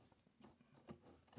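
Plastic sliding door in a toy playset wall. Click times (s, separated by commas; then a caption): 0.9 s. A plastic sliding door in the hallway wall of a Star Wars Vintage Collection Imperial Light Cruiser toy playset is pushed all the way closed. Soft sliding and tapping lead up to a short, sharp click at 0.9 s as the door snaps shut and seats into place.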